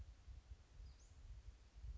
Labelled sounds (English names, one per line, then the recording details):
Western Flycatcher
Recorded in Sonoma County, California